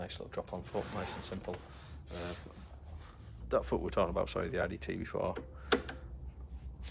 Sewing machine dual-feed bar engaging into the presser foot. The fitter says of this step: just clicks into place and it's it's right as you can see sits right in the middle of the foot even if your foot tilts